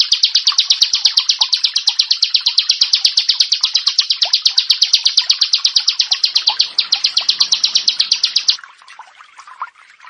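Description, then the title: Prinia song, a quick run of high, scratchy chirps, stopping abruptly near the end, leaving quiet. "Ciblek Sawah"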